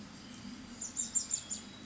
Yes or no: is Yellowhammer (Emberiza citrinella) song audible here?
no